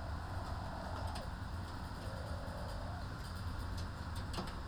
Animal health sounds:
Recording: poultry house recording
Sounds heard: healthy chickens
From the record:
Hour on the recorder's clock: 15

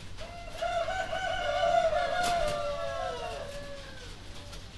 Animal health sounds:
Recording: poultry house recording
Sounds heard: healthy chickens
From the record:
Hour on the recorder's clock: 2

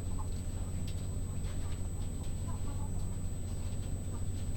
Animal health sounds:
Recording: poultry house recording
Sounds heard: sick chickens (respiratory disease)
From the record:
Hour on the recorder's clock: 20

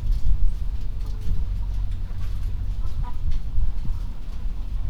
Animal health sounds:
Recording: poultry house recording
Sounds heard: healthy chickens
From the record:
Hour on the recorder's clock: 21

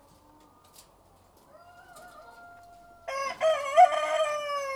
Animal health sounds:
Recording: poultry house recording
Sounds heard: sick chickens (respiratory disease)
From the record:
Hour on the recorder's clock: 13

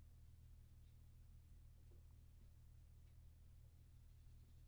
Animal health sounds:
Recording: poultry house recording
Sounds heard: no chicken sound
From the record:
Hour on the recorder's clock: 23

